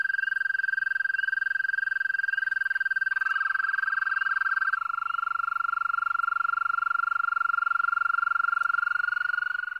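American toad calls: a long, steady musical trill, joined partway by a second, slightly lower trill that carries on after the first stops.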